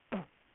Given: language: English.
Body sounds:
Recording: throat vibration sensor signal played as sound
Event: throat clearing

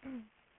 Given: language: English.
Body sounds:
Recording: throat vibration sensor signal played as sound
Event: throat clearing

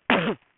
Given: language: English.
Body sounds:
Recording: throat vibration sensor signal played as sound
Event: cough

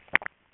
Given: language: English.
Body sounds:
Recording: throat vibration sensor signal played as sound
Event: swallow

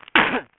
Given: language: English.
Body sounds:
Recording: throat vibration sensor signal played as sound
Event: cough

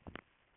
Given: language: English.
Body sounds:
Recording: throat vibration sensor signal played as sound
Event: swallow

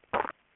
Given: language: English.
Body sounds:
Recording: throat vibration sensor signal played as sound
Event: swallow

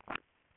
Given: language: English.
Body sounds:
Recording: throat vibration sensor signal played as sound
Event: swallow

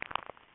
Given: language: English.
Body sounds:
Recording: throat vibration sensor signal played as sound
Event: swallow

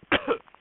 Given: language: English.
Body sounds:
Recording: throat vibration sensor signal played as sound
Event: cough

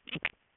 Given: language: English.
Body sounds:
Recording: throat vibration sensor signal played as sound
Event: swallow

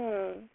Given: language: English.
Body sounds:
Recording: throat vibration sensor signal played as sound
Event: speech

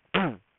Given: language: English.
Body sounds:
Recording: throat vibration sensor signal played as sound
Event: throat clearing

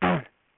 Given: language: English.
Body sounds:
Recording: throat vibration sensor signal played as sound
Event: throat clearing

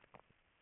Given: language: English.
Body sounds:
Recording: throat vibration sensor signal played as sound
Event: swallow

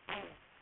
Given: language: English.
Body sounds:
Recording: throat vibration sensor signal played as sound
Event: throat clearing

